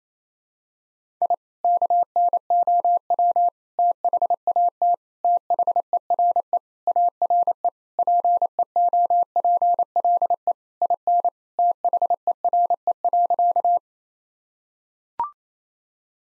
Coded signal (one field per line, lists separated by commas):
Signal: Morse code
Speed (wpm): 28 wpm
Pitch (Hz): 700 Hz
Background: none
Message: I KNOW THAT THERE ARE PEOPLE IN THERE.